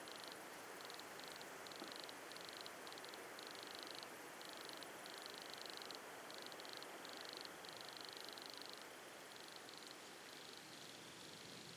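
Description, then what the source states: Wood cricket song: soft purring trills near one high pitch, broken into short bursts with short gaps, over steady hiss and a faint high whine. Small wood cricket heard faintly in the background across a large wooded valley, 27 September 2017, near 8 pm, 12 °C, at the foot of Pic de Bure, Dévoluy massif.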